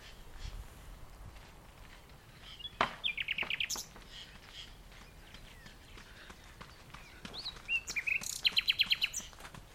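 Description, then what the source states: Common nightingale song in loud repeated rattling series, with scattered knocks and clatter between phrases. Nightingale singing in the dunes of The Hague on the morning of 12 May 2021, during a lockdown walk.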